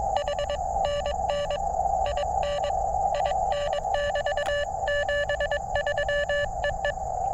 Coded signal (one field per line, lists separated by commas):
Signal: Morse code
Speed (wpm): 21 wpm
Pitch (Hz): 590 Hz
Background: none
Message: HNN IN IN <BT> 73 EE